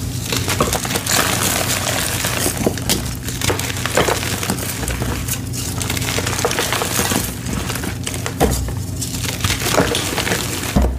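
Blocks of gym chalk being crushed, a dense run of crumbly crunching and gritty crackles that barely lets up. Sharp snaps and brighter cracks break through every second or so, over a low steady hum underneath.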